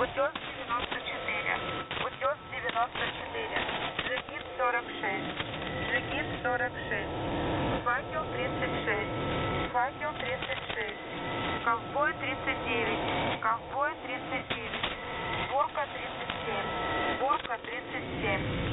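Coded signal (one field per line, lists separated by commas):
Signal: coded military voice message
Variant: Russian, Squeaky Wheel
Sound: russian voice reading codewords and two-digit numbers over noisy, narrowband radio audio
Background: radio static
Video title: The Squeaky Wheel | 21st August 2023 | "Dlya" Voice Message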